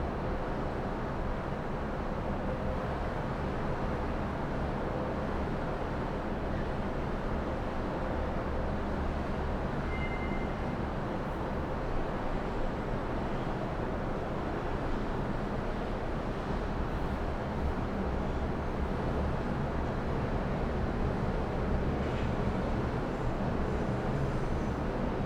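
Early evening city sound from 29 floors above the Docklands: a steady, dense low roar of traffic that never lets up. A short high tone rings out near ten seconds, and faint clicks or knocks surface now and then later on.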